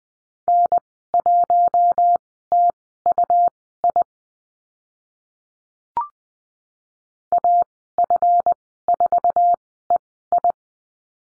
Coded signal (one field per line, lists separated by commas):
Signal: Morse code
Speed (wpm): 20 wpm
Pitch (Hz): 700 Hz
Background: none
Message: N1TUI AF4EI